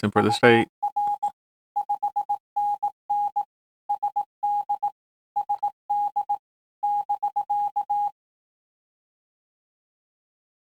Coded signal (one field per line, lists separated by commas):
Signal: Morse code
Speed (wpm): 18 wpm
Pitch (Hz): 820 Hz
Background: speech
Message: UR 5NN SD SD <BK>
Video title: morsewalker.com walkthrough.